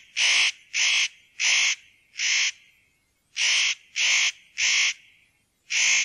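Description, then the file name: Spotted nutcracker calling a series of eight harsh, grating notes in uneven groups, each note short and loud. "noettekraake"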